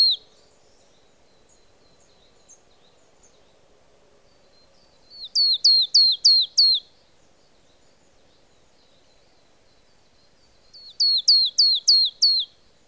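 Marsh tit giving two bursts of five or six quick, piercing, down-slurred notes about five seconds apart, with faint soft notes and low hum between.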